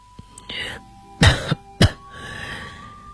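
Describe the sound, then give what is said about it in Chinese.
Two sharp, harsh coughs about half a second apart, the first with a short throaty tail, from the character Dmitri in a narrated reading of the serialized novel Nebula (星云), standing out loudly against a quiet background with faint murmuring before and after. “KDA 没有说话，德里特里便咳嗽了两声，继续说下去。”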